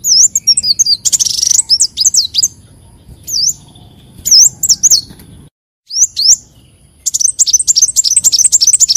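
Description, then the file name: Leafbird song of varied high whistles, swoops and chirps with pauses, a short gap of silence, then a fast run of sharp twittering notes. "Tieng chim xanh tim"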